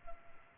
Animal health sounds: mosquito wingbeat signal from an infrared sensor; Culex pipiens

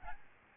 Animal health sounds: mosquito wingbeat signal from an infrared sensor; Aedes albopictus

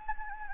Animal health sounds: mosquito wingbeat signal from an infrared sensor; Anopheles gambiae

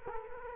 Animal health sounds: mosquito wingbeat signal from an infrared sensor; Culex quinquefasciatus

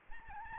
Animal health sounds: mosquito wingbeat signal from an infrared sensor; Aedes albopictus

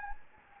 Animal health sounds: mosquito wingbeat signal from an infrared sensor; Anopheles gambiae

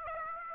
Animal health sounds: mosquito wingbeat signal from an infrared sensor; Aedes aegypti

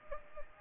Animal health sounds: mosquito wingbeat signal from an infrared sensor; Anopheles gambiae

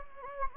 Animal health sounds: mosquito wingbeat signal from an infrared sensor; Anopheles gambiae

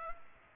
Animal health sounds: mosquito wingbeat signal from an infrared sensor; Culex pipiens

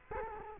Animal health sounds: mosquito wingbeat signal from an infrared sensor; Culex quinquefasciatus

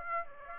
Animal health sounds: mosquito wingbeat signal from an infrared sensor; Aedes aegypti

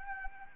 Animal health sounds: mosquito wingbeat signal from an infrared sensor; Anopheles arabiensis

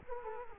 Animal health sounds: mosquito wingbeat signal from an infrared sensor; Culex quinquefasciatus

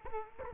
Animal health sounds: mosquito wingbeat signal from an infrared sensor; Culex quinquefasciatus

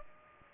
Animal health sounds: mosquito wingbeat signal from an infrared sensor; Culex pipiens

